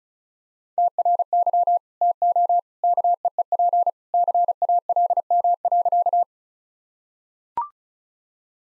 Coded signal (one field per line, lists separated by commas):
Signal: Morse code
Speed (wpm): 34 wpm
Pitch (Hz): 700 Hz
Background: none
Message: TRY TO KEEP CALM.